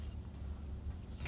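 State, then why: Not seated. The last section of a 12-foot aluminum telescoping ladder is handled as it is extended toward full height, over a steady low rumble with wind-like noise and a brief sharp burst of sound at about 1.3 s. Nothing has seated or clicked yet; the section lock has not engaged at full extension.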